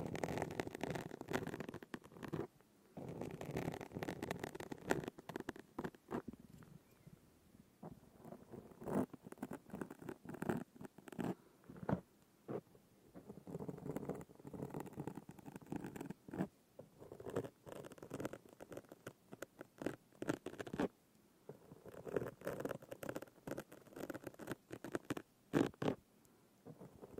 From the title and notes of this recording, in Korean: 스크래치 소리 scratching sound. 손으로 마이크 긁는소리.